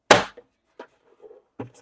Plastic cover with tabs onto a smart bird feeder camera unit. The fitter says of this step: Give it a little force down. And I'm going to give a little force so it locks into place,